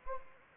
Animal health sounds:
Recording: mosquito wingbeat signal from an infrared sensor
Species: Anopheles gambiae

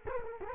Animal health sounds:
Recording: mosquito wingbeat signal from an infrared sensor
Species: Culex quinquefasciatus

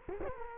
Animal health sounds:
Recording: mosquito wingbeat signal from an infrared sensor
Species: Culex quinquefasciatus

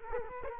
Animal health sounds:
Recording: mosquito wingbeat signal from an infrared sensor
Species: Culex quinquefasciatus

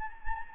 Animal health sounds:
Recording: mosquito wingbeat signal from an infrared sensor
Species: Anopheles gambiae

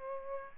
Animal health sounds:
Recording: mosquito wingbeat signal from an infrared sensor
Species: Aedes aegypti

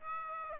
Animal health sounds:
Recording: mosquito wingbeat signal from an infrared sensor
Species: Aedes aegypti

